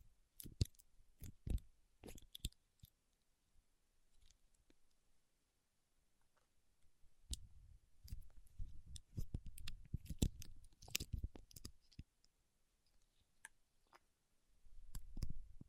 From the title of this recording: Paraffin Wax Peeling, Tapping and Scratching